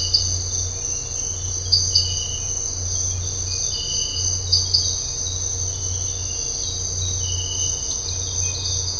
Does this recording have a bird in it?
no